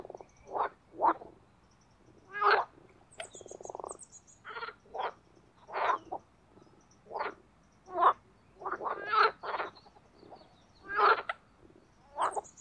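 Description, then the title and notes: Marsh frog croaks repeated roughly every second, short pulsed rattles and one longer buzzy call, with faint high bird twitters in the background. Spring mating chorus in an artificial pond created for water activities at Parc Chédeville, Oise, after a cold night. "Les grenouilles et l’avion. Parc Chédeville dans l'Oise. des grenouilles rieuses se donnent rendez-vous au printemps pour un concert amoureux. La Grenouille rieuse ( Pelophylax ridibundus )"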